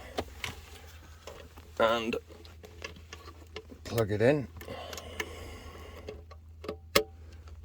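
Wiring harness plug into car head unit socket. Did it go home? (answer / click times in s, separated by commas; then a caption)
yes / 7.0 s. A wiring harness connector is pushed into the socket on the back of an Android head unit being installed in a VW Golf Mk6; it is awkward to fit. Someone talks over light plastic handling taps and rustling, then the connector seats with a sharp little click at 7.0 s.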